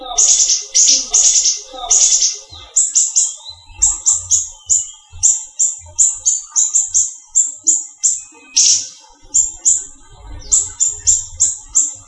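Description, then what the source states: Greater green leafbird song: a fast series of high whistled notes with a few rougher, buzzier bursts, and a soft low hum in the background. Local name Cucak Ijo, variety called daun kecil.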